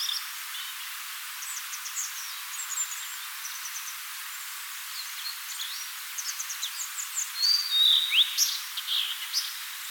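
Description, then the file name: Blue-and-white flycatcher singing a bright whistled phrase with a steep downslur near the end, after a stretch of soft twittering calls. "Cyanoptila cyanomelana"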